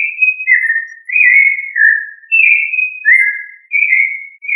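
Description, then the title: Thrush song with fluty whistled phrases of slurred notes, mostly level or falling in pitch, given one after another with short breaks between them. Family Turdidae. "Familia Turdidae - Sabia"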